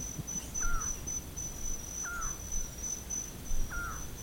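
Bird call: a brief whistled note sliding downward, given three times at steady intervals of about one and a half seconds, with a constant high insect tone behind.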